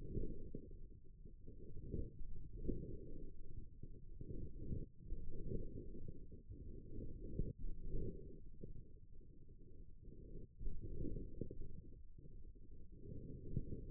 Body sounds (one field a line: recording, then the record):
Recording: forearm muscle sounds (acoustic myography)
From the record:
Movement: forearm supination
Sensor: system 1, eight BSWA MPA416 microphones around the upper forearm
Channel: 7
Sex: male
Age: 28 years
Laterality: right